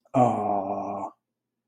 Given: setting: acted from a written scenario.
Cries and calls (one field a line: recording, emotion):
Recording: vocal sound without words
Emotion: adoration